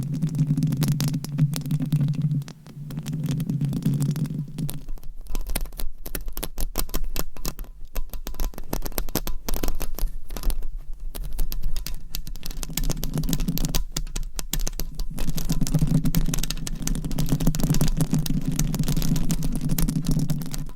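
Mic scratching fills the clip with dense, crackling rubs and clicks that run almost without pause. A low buzzing hum underlies the first five seconds and returns from about thirteen seconds on, with a brief dip in loudness near two and a half seconds.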